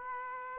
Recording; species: mosquito wingbeat signal from an infrared sensor; Aedes aegypti